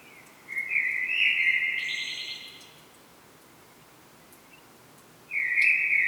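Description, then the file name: Common blackbird song: one warbled phrase of over two seconds that steps upward, a few seconds of quiet, then a new phrase starting at the end. "Turdus merula"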